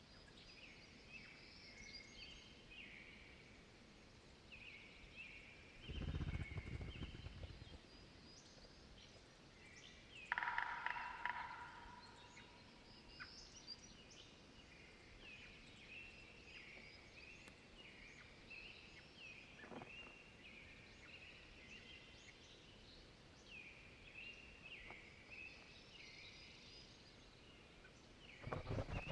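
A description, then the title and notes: A dawn chorus of American Robins and other birds sings steadily in a forest, with a low thumping burst near six seconds and a sharp call around ten. Dawn chorus in a temperate deciduous forest, from quiet air broken by awakening American Robins through an active soundscape with Pygymy Owls, Ruffed Grouse, Flycatchers, and several Robins close far far, including close flutters. Spring season. Stereo downmix mastered from original quad Tree Ears recording. Recorded in the beautiful Pacific Northwest in Washington, United States.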